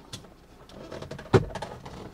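A plastic dashboard trim panel clipped into the dashboard of a Tesla Model 3 is gently lifted, with soft scraping and light plastic ticks. A sharp pop at 1.3 s marks its clips letting go, and the panel comes free.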